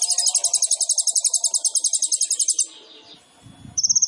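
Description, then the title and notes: Sunbird song of a fast, steady high trill lasting over two seconds, a brief pause, then another rapid trill. Indonesian masteran training recording of an actively singing (gacor) kolibri ninja, full of isian (song fill-ins) and tembakan (sharp burst phrases), intended as pancingan to stimulate other birds. "MASTERAN KOLIBRI NINJA TERBAIK FULL ISIAN DAN TEMBAKAN MEWAH COCOK BUAT PANCINGAN. Suara Burung Kolibri Ninja Gacor"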